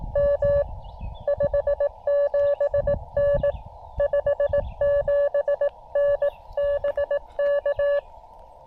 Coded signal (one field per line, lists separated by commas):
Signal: Morse code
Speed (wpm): 18 wpm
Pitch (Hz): 570 Hz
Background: none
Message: M 57N 57N BK